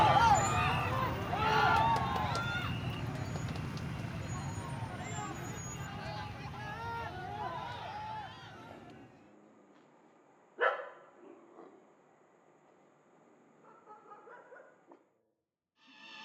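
A street scene in and around Phnom Penh: for about nine seconds a dense mix of overlapping voices and a low vehicle rumble fills the air, then it cuts away to near quiet. A sharp knock lands near eleven seconds, followed by faint scattered voices and thin noises.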